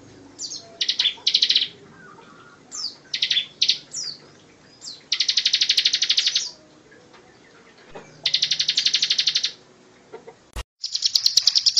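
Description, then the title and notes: Bar-winged prinia song starting with scattered sharp chips, building into two long rapid buzzy trills, followed by a brief click and another trill. Song style called ngebren, presented as a tutor recording for training White-rumped shama songbirds. "Ciblek Ngebren Untuk Masteran Murai Batu. Suara burung ciblek"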